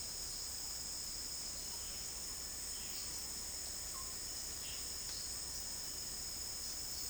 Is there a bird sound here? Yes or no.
no